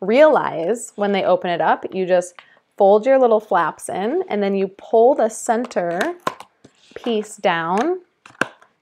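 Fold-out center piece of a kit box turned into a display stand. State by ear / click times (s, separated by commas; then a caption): seated / 8.4 s. Someone talks while folding in the flaps of a cardboard/plastic oil-kit box and pulling its fold-out center piece down to turn the box into a fan-shaped display stand. The center piece snaps into place with a sharp click at 8.4 s, and the stand is seated.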